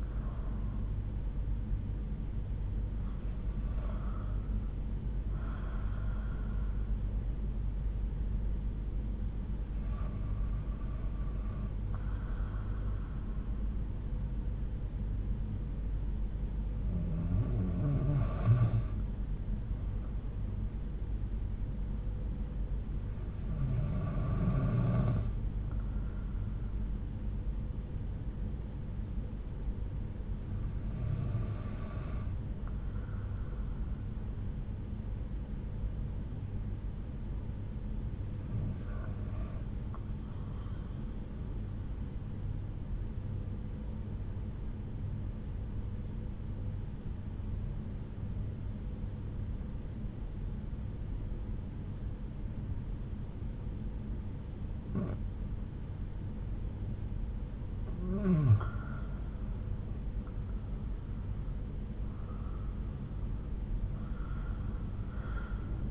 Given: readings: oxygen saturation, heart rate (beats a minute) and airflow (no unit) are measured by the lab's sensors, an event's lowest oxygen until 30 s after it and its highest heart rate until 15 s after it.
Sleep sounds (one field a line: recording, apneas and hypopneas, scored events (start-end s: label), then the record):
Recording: breathing in sleep by a smartphone at the bedside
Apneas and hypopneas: 1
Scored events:
43.00-56.30 s: obstructive apnea (REM, oxygen 94% highest, then 90% lowest)
From the record:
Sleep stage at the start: REM sleep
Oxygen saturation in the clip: 92 to 95%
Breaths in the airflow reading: 8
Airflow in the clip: -7.9 to 8.0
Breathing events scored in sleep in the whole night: 368 in 8.0 hours asleep